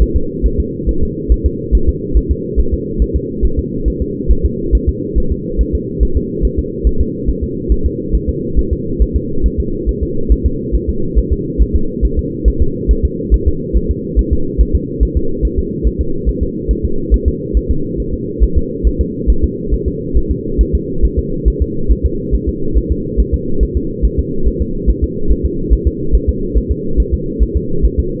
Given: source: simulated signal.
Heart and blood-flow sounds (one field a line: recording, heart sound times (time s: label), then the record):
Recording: fetal heart sounds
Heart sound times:
0.02 s: S1
0.16 s: S2
0.46 s: S1
0.60 s: S2
0.89 s: S1
1.03 s: S2
1.32 s: S1
1.46 s: S2
1.75 s: S1
1.89 s: S2
2.17 s: S1
2.31 s: S2
2.59 s: S1
2.74 s: S2
3.02 s: S1
3.16 s: S2
3.45 s: S1
3.59 s: S2
3.88 s: S1
4.02 s: S2
4.31 s: S1
4.45 s: S2
4.75 s: S1
4.89 s: S2
5.18 s: S1
5.32 s: S2
5.61 s: S1
5.75 s: S2
6.03 s: S1
6.17 s: S2
6.45 s: S1
6.59 s: S2
6.87 s: S1
7.01 s: S2
7.29 s: S1
7.44 s: S2
7.72 s: S1
7.86 s: S2
8.15 s: S1
8.29 s: S2
8.59 s: S1
8.73 s: S2
9.02 s: S1
9.16 s: S2
9.46 s: S1
9.60 s: S2
9.89 s: S1
10.03 s: S2
10.32 s: S1
10.46 s: S2
10.75 s: S1
10.89 s: S2
11.18 s: S1
11.32 s: S2
11.62 s: S1
11.76 s: S2
12.05 s: S1
12.19 s: S2
12.48 s: S1
12.62 s: S2
12.91 s: S1
13.05 s: S2
13.34 s: S1
13.48 s: S2
13.77 s: S1
13.91 s: S2
14.19 s: S1
14.33 s: S2
14.61 s: S1
14.75 s: S2
15.03 s: S1
15.17 s: S2
15.45 s: S1
15.59 s: S2
15.87 s: S1
16.01 s: S2
16.29 s: S1
16.43 s: S2
16.71 s: S1
16.85 s: S2
17.14 s: S1
17.28 s: S2
17.57 s: S1
17.71 s: S2
18.00 s: S1
18.14 s: S2
18.43 s: S1
18.57 s: S2
18.87 s: S1
19.01 s: S2
19.30 s: S1
19.44 s: S2
19.74 s: S1
19.88 s: S2
20.17 s: S1
20.31 s: S2
20.61 s: S1
20.75 s: S2
21.05 s: S1
21.19 s: S2
21.48 s: S1
21.62 s: S2
21.92 s: S1
22.06 s: S2
22.35 s: S1
22.49 s: S2
22.77 s: S1
22.92 s: S2
23.20 s: S1
23.34 s: S2
23.63 s: S1
23.77 s: S2
24.05 s: S1
24.19 s: S2
24.48 s: S1
24.62 s: S2
24.89 s: S1
25.04 s: S2
25.31 s: S1
25.45 s: S2
25.73 s: S1
25.87 s: S2
26.15 s: S1
26.29 s: S2
26.57 s: S1
26.72 s: S2
27.00 s: S1
27.14 s: S2
27.43 s: S1
27.57 s: S2
27.85 s: S1
27.99 s: S2
From the record:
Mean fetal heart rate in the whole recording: 140 bpm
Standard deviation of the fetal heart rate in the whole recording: 2 bpm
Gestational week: 34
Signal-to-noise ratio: -8.1 dB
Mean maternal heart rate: 72 bpm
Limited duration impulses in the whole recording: absent